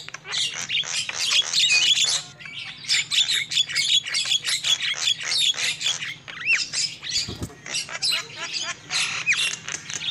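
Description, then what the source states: Shrill lovebird squawks and twittering tumble over one another. The calls pulse in rapid bursts, with a low steady hum underneath. Lure call used for trapping lovebirds.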